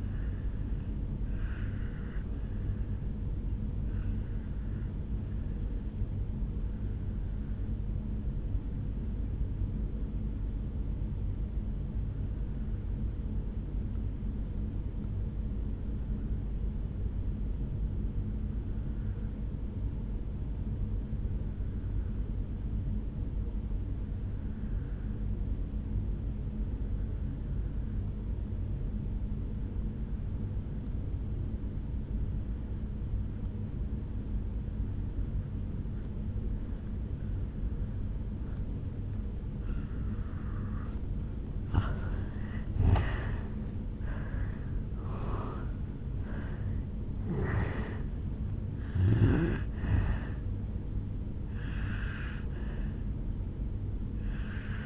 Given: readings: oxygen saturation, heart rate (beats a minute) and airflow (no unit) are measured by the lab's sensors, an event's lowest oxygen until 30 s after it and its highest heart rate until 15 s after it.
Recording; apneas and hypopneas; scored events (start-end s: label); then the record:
breathing in sleep by a smartphone at the bedside; 1
6.00-43.50 s: obstructive apnea (N1, oxygen 97% highest, then 82% lowest, heart rate 60 at the start, 74 highest)
26.00-54.86 s: new sleep stage, N2 (light sleep)
From the record:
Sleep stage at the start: N1 (lightest sleep); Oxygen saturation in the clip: 83 to 97%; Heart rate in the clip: 56 to 74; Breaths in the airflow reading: 4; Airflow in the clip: -9.3 to 6.9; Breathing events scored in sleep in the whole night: 449 in 7.0 hours asleep